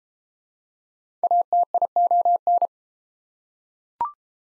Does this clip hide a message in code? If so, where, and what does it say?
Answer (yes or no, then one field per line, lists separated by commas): yes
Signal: Morse code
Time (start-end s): 1.2-2.7 s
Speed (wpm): 31 wpm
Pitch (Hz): 700 Hz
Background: none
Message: ATION